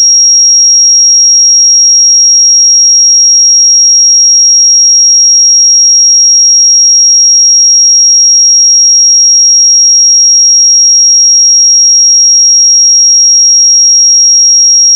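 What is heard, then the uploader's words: A pure sine tone at 5612 Hz holds perfectly steady for the whole fifteen seconds, a thin, piercing high whistle with no wavering in pitch or loudness. Nothing else is heard around it; the background is silent. 5612 Hz 1 Hz Interval Sine Pure Tone Frequency 441000 Sample Mono.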